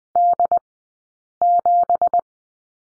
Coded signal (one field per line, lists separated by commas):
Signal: Morse code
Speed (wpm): 20 wpm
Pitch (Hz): 700 Hz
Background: none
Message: D7